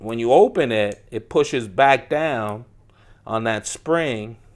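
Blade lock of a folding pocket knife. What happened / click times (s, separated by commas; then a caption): Handled, not yet locked: no seating snap heard / none. A folding pocket knife is opened, its spring-loaded blade lock pushing back down on the spring as someone talks over the handling. The clip ends before the lock pulls up to hold the steel blade open, so nothing has seated or clicked yet.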